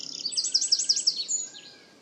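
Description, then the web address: Bird giving a short burst of high, quickly repeated upslurred notes, fading into a brief thin tail. "cianscape birddata Deverinetal 2025"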